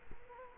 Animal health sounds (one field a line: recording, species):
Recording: mosquito wingbeat signal from an infrared sensor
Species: Culex quinquefasciatus